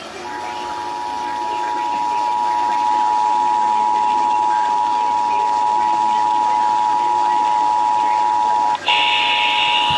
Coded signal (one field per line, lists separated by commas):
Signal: Emergency Alert System (SAME) tones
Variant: 853 and 960 Hz attention tone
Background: speech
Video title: EAS- Post Memorial Day Los Angeles County Required Monthly Test (RMT) KLOS, KFI, KNX, KBIG, KABC AM